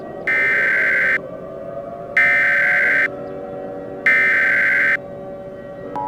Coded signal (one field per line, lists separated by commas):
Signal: Emergency Alert System (SAME) tones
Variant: header bursts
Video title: EAS - Planet Killer (A Mini EAS Scenario, in collab with SPCPlainfield Studios)